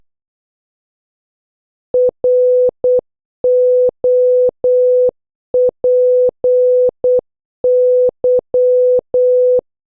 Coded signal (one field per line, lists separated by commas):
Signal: Morse code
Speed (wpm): 8 wpm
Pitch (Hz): 500 Hz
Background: none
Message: ROPY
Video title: 10. Practice Morse Code Words with Sound - O to Z (Increasing speed) (Must Watch previous videos)